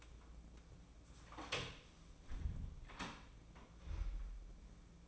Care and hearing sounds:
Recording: daily activity, microphone in the room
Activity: close door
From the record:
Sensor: 1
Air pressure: 1012.4 hPa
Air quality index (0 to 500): 166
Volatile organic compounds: 3 ppm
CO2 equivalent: 1360 ppm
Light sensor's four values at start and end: 596/1393/617/744 and 601/1406/623/751

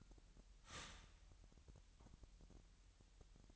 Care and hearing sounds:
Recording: daily activity, microphone in the room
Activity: start toaster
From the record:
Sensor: 3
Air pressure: 1001.9 hPa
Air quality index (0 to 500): 248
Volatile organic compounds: 51 ppm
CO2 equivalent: 3315 ppm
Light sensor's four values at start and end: 13/39/17/14 and 13/39/17/14

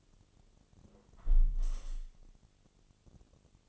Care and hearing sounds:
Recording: daily activity, microphone in the room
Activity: close window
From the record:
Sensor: 4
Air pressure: 1015.7 hPa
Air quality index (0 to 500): 94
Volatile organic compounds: 2 ppm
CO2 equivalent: 1054 ppm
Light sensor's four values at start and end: 9/20/8/7 and 9/20/8/7

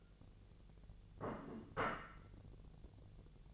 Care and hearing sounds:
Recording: daily activity, microphone in the room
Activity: place plate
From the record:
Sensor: 4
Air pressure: 1001.0 hPa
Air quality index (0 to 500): 143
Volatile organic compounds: 2 ppm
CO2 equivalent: 1058 ppm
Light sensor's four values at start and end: 26/62/26/27 and 26/62/26/27

